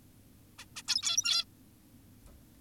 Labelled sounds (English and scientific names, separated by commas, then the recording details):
Zebra Finch (Taeniopygia guttata)
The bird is an adult
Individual g17y2U